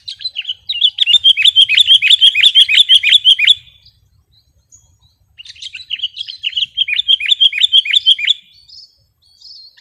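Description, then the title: Sooty-headed bulbul song: two bursts of rapid, chattering chirps, each about three seconds long, separated by a short silence. "kutilang"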